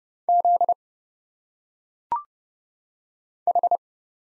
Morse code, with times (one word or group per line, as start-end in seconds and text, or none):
0.3-0.7 Z
3.5-3.8 H